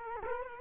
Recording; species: mosquito wingbeat signal from an infrared sensor; Culex quinquefasciatus